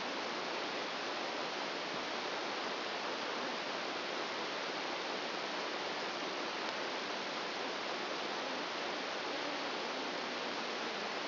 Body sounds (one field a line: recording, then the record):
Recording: brain microelectrode recording played as sound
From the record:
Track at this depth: outside the subthalamic nucleus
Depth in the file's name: -1.109 mm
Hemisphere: right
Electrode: 2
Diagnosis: Parkinson's disease